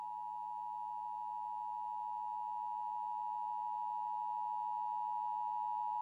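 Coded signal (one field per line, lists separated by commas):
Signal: Emergency Alert System (SAME) tones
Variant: 853 and 960 Hz attention tone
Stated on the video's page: Television station EAS test, resent after an earlier botched test.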